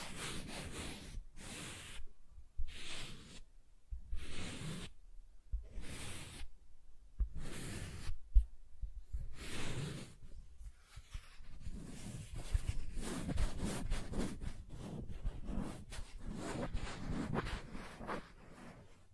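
Soft tracing across smooth and rough surfaces, heard as gentle hissing strokes. For the first ten seconds the strokes come in separate bursts with short silences between, roughly every second; after that the rubbing runs nearly continuous, grainier and uneven, with low thumps underneath.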